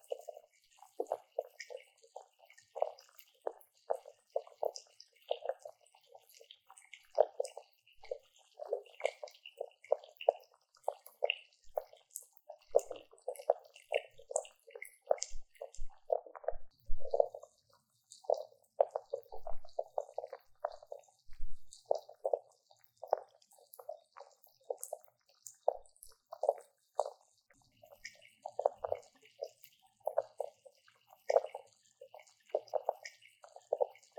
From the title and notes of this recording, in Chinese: 氣泡水入侵耳朵!!Ears in Sparkling Water。